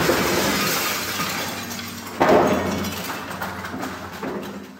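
A window pane is smashed by a thrown object during protests against the Carloft residential complex in Berlin, with a loud, sudden crash, followed by bright tinkling of glass shards that scatter and trail off over several seconds, with a few smaller clinks near the end.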